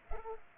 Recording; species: mosquito wingbeat signal from an infrared sensor; Culex pipiens